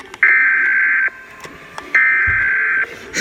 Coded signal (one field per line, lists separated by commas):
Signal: Emergency Alert System (SAME) tones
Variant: header bursts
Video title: EAS #9 Required Monthly Test